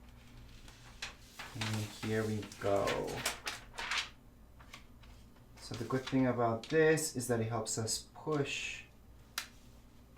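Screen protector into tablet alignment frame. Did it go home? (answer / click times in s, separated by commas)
yes / 9.4 s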